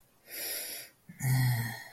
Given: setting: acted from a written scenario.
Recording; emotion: vocal sound without words; romantic love